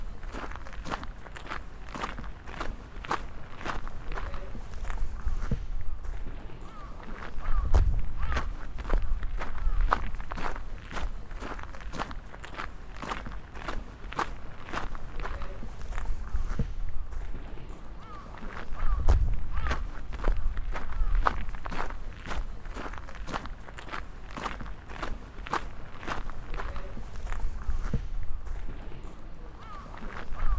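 Footsteps walk steadily across the grounds of a Kyoto castle, each step a crisp crunch as if on gravel, coming at a quick, even pace throughout. A low rumble swells briefly around eight and nineteen seconds, with faint murmur beneath.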